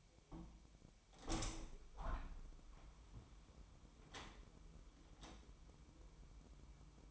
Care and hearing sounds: daily activity, microphone in the room; open window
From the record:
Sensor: 1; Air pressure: 1006.5 hPa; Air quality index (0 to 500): 209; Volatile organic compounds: 24 ppm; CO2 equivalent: 2810 ppm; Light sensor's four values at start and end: 12/30/12/13 and 12/32/12/14

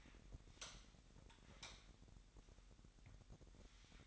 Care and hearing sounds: daily activity, microphone in the room; light on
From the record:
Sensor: 3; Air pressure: 1011.9 hPa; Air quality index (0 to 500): 234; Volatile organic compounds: 5 ppm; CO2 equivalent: 1737 ppm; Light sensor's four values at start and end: 15/35/15/15 and 17/43/18/18

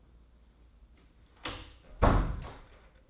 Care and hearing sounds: daily activity, microphone in the room; close door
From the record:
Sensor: 3

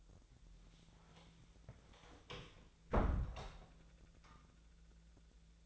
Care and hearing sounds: daily activity, microphone in the room; close door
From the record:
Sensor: 3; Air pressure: 1000.5 hPa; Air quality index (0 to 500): 181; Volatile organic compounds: 4 ppm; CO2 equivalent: 1572 ppm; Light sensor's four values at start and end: 12/29/12/13 and 12/29/12/13

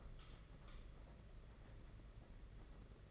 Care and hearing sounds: daily activity, microphone in the room; light on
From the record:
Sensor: 4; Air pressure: 992.7 hPa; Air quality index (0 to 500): 168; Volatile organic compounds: 237 ppm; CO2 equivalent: 4326 ppm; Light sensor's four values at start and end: 4/8/3/3 and 4/10/4/4

